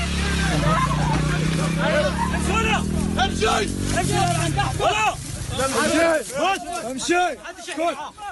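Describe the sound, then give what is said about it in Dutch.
The motorcycle engine of a Hamas fighter revs and drones beneath a crowd of agitated voices shouting over one another as a young woman is forced onto the back of it, the harsh engine hum steady at first before the yelling grows louder and more frantic. “Een jonge vrouw wordt achter op de motorfiets van een Hamas-strijder gedwongen.”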